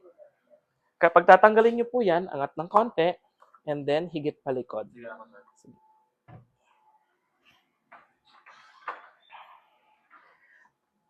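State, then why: Seated. Someone talks while the top attachment of a Hyla water-vacuum is fitted back onto its base unit. A single sharp hit at 8.9 seconds marks the attachment locking onto the base, and it is confirmed seated.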